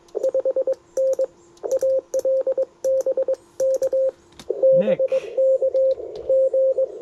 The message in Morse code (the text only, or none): 5N AL BK BK G